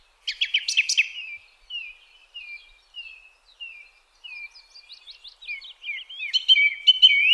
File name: songthrush